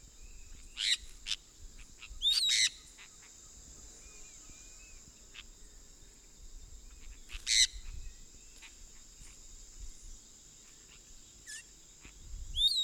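Sun parakeet uttering a few brief, sharp screeches at irregular intervals over a constant high-pitched hiss and low rumbling background noise.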